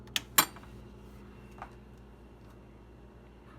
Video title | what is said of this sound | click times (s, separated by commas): ROEST Professional Sample Coffee Roaster - First Look Unboxing - Specialty Coffee Roaster Demo | Okay, back in the machine. Hear the click. | 0.2 s, 0.4 s